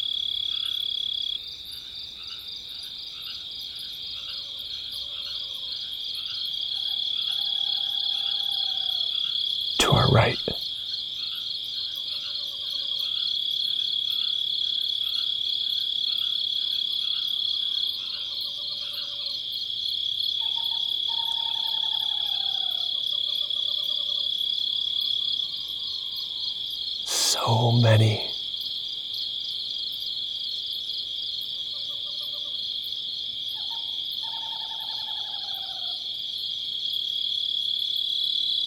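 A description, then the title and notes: A steady, bright insect drone, like crickets, fills the whole recording in the blue oaks of Sequoia. Beneath it, soft low hooting calls repeat every few seconds, likely an owl or frog. Two sharp clacks break through, near 10 and 27 seconds. The Blue Oaks of Sequoia. The blue oak woodlands in Sequoia National Park in California. A multitude of creatures, great and small, amid the sonic grandeur of nature.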